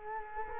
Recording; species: mosquito wingbeat signal from an infrared sensor; Culex quinquefasciatus